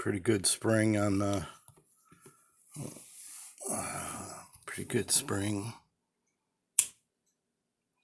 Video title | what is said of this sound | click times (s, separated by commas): 2020 Hammer Brand 4.5" English Jack (Brown Pick Bone) | snaps right out | 6.8 s